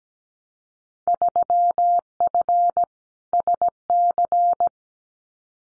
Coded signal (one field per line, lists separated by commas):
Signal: Morse code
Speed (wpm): 17 wpm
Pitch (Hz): 700 Hz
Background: none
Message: 3F SC